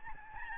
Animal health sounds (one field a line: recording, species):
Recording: mosquito wingbeat signal from an infrared sensor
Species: Aedes albopictus